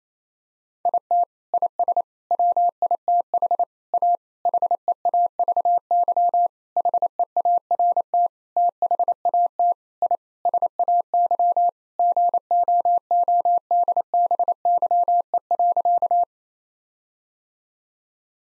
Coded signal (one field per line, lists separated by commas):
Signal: Morse code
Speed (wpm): 28 wpm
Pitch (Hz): 700 Hz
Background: none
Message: IT IS WITH A HEAVY HEART THAT I SAY GOODBYE.